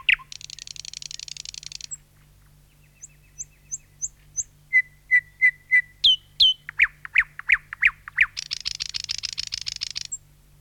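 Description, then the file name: Thrush nightingale song with a buzzy rattle, a pause, thin high whistles, a series of repeated sharp notes, then a long dry rattling trill. "satakieli"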